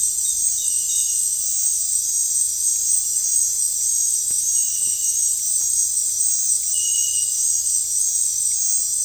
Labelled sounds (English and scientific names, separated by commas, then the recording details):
none
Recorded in dense forest near Puerto Asís, Putumayo, Colombia, on 22 June 2025 at 19:00
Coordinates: 0.503, -76.323
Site G059